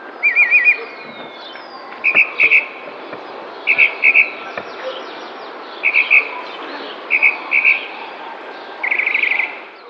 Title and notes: Cenzontle tropical que canta en primavera mientras alguien que hace ejercicio pasa a lo lejos en el parque de una colonia en San Cristóbal de Las Casas, Chiapas. Mayo 2021